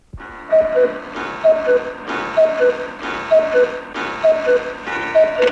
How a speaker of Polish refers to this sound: No jest to kukułka zegarowa de facto, ale bo to nie jest głos prawdziwej kukułki samca, tylko jest to kukułka typowa zegarowa